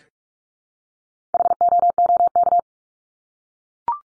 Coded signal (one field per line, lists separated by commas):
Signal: Morse code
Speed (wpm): 44 wpm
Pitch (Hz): 700 Hz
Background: none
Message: HOOK